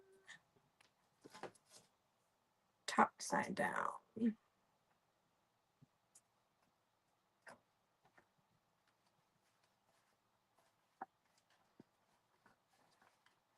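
A picture is placed top side down in a small frame, and the backing piece is handled before it is pressed in. Someone talks briefly at the start, followed by quiet handling sounds with soft taps around 0.8, 1.4, 6.2, 7.5 and 11.0 seconds. The clip ends before the backing goes home, and nothing has seated or clicked yet.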